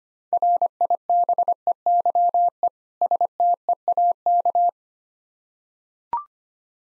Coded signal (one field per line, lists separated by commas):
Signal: Morse code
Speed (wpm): 25 wpm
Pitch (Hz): 700 Hz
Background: none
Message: RIBEYE STEAK